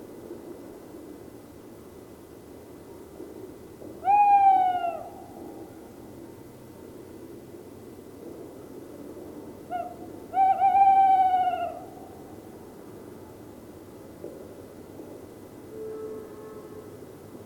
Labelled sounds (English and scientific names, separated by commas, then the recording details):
Tawny Owl (Strix aluco) call
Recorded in the wild
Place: Bergen, Insel Rügen, Mecklenburg-Vorpommern, DE
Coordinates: 54.415, 13.426
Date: 1975-02-21
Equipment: Nagra III BH, Sennheiser MD 21, parabola
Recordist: Schubert, Michael
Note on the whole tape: Rufe Waldkauz